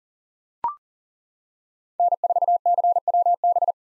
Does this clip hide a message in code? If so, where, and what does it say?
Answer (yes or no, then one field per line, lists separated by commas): yes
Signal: Morse code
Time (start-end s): 2.0-3.7 s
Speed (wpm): 37 wpm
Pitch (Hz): 700 Hz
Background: none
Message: N4CWB